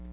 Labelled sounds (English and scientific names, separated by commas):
Black-throated Blue Warbler (Setophaga caerulescens) flight call